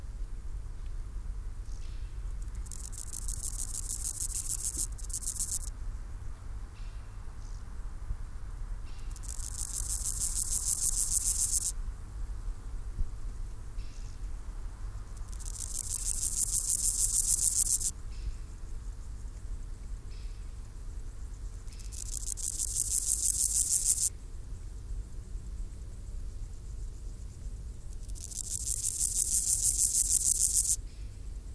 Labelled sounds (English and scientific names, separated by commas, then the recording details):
Water-meadow Grasshopper (Chorthippus montanus) stridulation
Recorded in the wild
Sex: male
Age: imago
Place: Hakenfelde, Spandauer Forst, Berlin, DE
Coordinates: 52.58, 13.17
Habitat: Waldwiese
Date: 1997-08-23 16:15
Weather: 26°C, diesig, leichter Wind
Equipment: Sony MD-WM MZ-R3, Sennheiser ME 80, Kopie Uher 4000 Report Monitor
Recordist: Tembrock, Günter